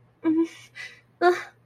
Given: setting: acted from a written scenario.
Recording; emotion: vocal sound without words; distress